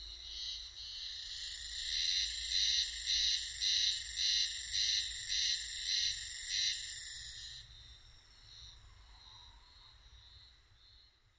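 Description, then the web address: Spring cicada (haruzemi): a loud rhythmic series of harsh buzzing pulses, about twice per second, that stops abruptly near eight seconds, leaving a fainter buzzing behind. Recorded on 12 June 2005. "2005 050612 haruzemi"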